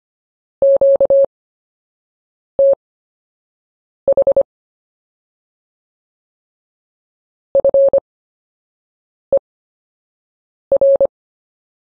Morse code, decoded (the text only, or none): QTH FER